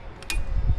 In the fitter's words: There it went. I just heard it snap in.